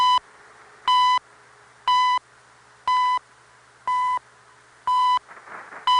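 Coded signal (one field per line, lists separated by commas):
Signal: radio time signal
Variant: CHU Canada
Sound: seven short steady mid-pitched beeps, one every second, with faint hiss between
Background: radio static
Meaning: Each beep marks one second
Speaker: So I waited and eventually >> CHU Canada Eastern Standard Time 14 hours 46 minutes.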